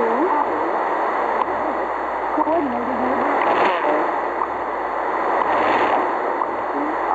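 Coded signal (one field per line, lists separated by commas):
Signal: radio time signal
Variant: WWV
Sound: heavy shortwave hiss with faint second ticks and a low pulsing hum, whistling interference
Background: radio static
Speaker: hi this is radio station WWV Fort Collins Colorado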